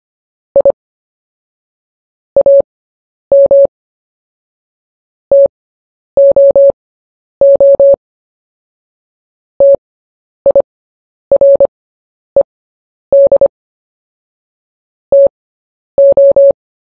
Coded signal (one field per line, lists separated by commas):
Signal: Morse code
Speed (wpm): 25 wpm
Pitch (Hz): 560 Hz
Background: none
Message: I AM TOO TIRED TO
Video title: Short Story 1 at 10 WPM